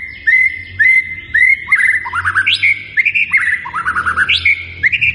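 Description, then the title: White-rumped shama song: rising whistled phrases repeated about twice a second, interspersed with quick chattering trills and sharp upward flicks. Lure recording of an actively singing (gacor) bird, meant to make listening birds respond at once. "PANCINGAN MURAI BATU GACOR"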